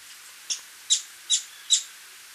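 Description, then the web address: Streak-capped treehunter calls: four short, sharp, high notes spaced about 0.4 seconds apart, over a faint hiss. Recorded in Ecuador. "Birds of Ecuador. Streak-capped Treehunter"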